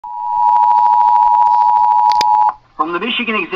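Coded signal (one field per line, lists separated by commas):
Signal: Emergency Alert System (SAME) tones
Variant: 853 and 960 Hz attention tone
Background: speech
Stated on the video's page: Civil emergency message received on Comcast cable, shown as a red-box alert screen during a television programme.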